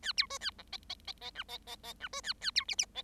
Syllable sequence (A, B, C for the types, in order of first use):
A B C A D E E E E F E E E F C A A B G G E